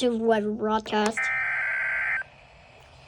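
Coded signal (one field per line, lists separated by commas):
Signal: Emergency Alert System (SAME) tones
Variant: header bursts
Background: speech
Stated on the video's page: Coastal flood warning EAS alert.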